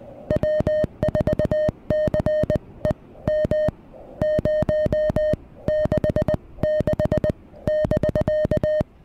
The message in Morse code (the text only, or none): W4CEM 066<BK>